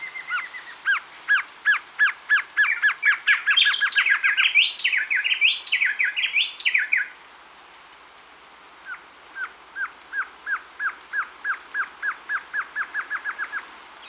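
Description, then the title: Glossy antshrike giving steady series of sharp, repeated notes, joined in the middle by a higher, overlapping chattering burst, then after a pause another even run of notes. Nominate subspecies Sakesphorus luctuosus luctuosus. "LuckyPassaro Completos2Sama. Glossy Antshrike"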